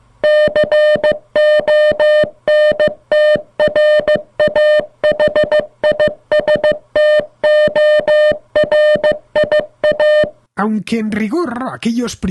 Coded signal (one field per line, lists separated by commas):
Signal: Morse code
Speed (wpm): 15 wpm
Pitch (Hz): 600 Hz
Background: speech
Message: CONTRAHISTORIA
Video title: La revolución del telégrafo